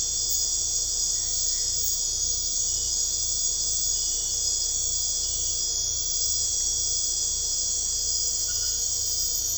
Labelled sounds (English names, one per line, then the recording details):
none
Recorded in secondary vegetation near Puerto Asís, Putumayo, Colombia, on 21 December 2024 at 23:00
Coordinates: 0.498, -76.327
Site GP07